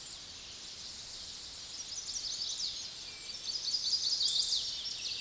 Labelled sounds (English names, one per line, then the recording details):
Chestnut-sided Warbler song
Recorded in a Pennsylvania forest on 16 May 2024 at 06:18
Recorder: AudioMoth, point MSD-2417
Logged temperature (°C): 16.4 °C
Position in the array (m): 71 m, 63 m